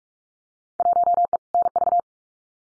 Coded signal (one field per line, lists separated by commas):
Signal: Morse code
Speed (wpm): 44 wpm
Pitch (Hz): 700 Hz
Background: none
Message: 1E NV